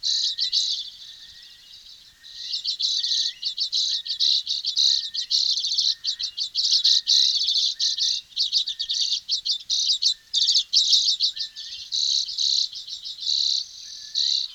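Bird song as a long, nearly continuous stream of fast trills and chatter, with soft lower notes threaded through.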